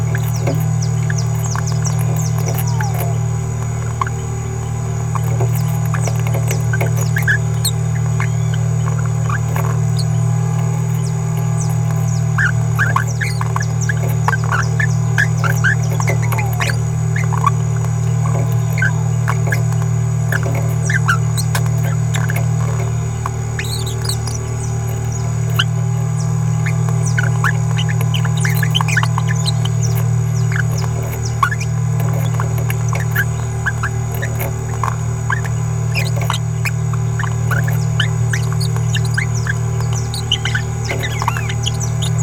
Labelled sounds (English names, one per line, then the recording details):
Green-rumped Parrotlet babbling
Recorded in a nest box in Venezuela
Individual 18B17A3